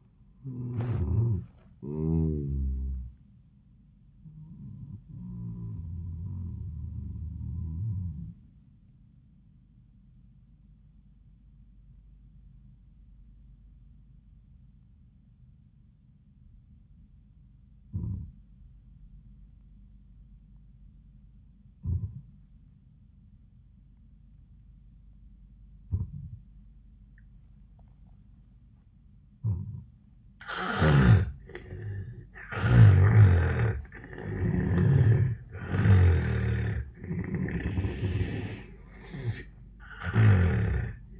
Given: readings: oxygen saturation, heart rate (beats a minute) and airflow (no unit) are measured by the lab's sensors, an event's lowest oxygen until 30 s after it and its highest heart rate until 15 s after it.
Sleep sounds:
breathing in sleep by a smartphone at the bedside; 1
11.00-31.90 s: obstructive apnea (N1, oxygen 97% highest, then 82% lowest, heart rate 76 at the start, 80 highest)
17.00-41.20 s: new sleep stage, N2 (light sleep)
From the record:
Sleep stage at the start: N1 (lightest sleep); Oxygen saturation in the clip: 81 to 97%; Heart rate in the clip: 72 to 99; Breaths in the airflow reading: 5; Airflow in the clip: -16.9 to 16.5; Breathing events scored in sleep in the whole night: 400 in 8.7 hours asleep

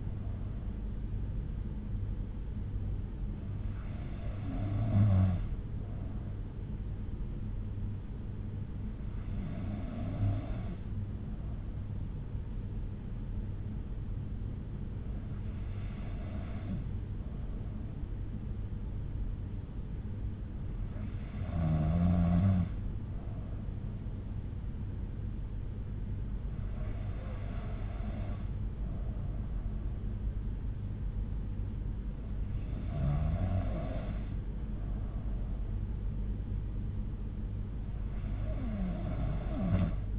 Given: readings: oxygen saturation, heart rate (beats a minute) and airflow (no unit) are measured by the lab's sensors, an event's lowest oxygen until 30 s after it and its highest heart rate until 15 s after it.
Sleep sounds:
breathing in sleep by a smartphone at the bedside; none
none scored
From the record:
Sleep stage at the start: N3 (deep sleep); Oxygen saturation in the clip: 92%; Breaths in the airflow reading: 7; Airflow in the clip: -5.0 to 3.2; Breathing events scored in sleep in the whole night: 368 in 8.0 hours asleep

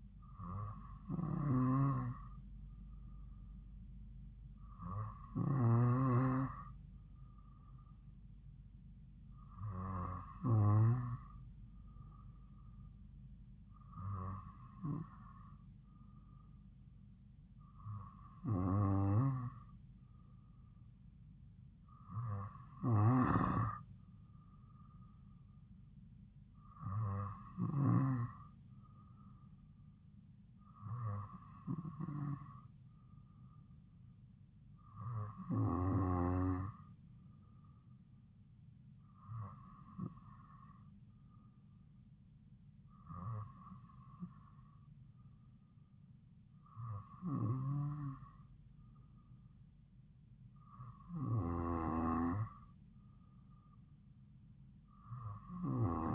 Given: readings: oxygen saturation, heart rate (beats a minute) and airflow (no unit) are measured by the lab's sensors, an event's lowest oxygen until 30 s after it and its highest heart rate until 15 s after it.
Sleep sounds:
breathing in sleep by a smartphone at the bedside; none
46.00-56.15 s: new sleep stage, N3 (deep sleep)
From the record:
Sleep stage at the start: N2 (light sleep); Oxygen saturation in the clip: 93 to 95%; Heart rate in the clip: 54 to 57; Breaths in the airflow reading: 13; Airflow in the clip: -2.6 to 2.7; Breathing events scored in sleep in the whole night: 270 in 6.1 hours asleep

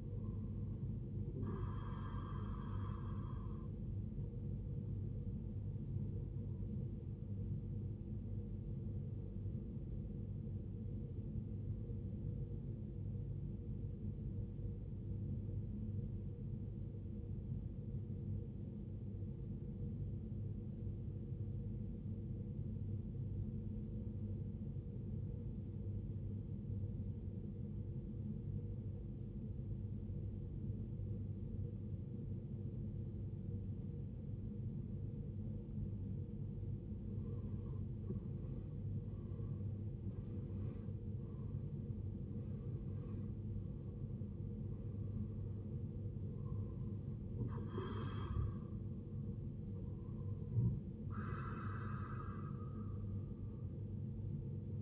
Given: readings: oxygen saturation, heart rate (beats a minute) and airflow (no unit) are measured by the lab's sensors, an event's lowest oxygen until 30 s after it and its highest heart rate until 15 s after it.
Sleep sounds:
breathing in sleep by a smartphone at the bedside; 1
4.00-54.82 s: new sleep stage, N1 (lightest sleep)
13.00-37.00 s: obstructive apnea (N1, oxygen 95% highest, then 80% lowest, heart rate 59 at the start, 76 highest)
From the record:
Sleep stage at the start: N2 (light sleep); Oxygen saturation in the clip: 83 to 95%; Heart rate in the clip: 57 to 81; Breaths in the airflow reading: 7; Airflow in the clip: -15.2 to 14.9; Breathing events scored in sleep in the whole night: 389 in 6.3 hours asleep

